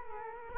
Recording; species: mosquito wingbeat signal from an infrared sensor; Culex quinquefasciatus